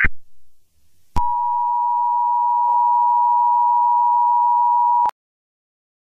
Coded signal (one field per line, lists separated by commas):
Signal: Emergency Alert System (SAME) tones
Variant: 853 and 960 Hz attention tone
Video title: When Technology Leaves Us Behind - AN EAS SCENARIO (REUP)